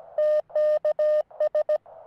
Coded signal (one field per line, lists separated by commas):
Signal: Morse code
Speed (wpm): 18 wpm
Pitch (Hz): 610 Hz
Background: none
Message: TKS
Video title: First Radio Contacts On The French Riviera.